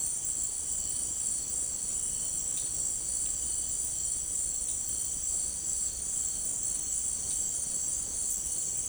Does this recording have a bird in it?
no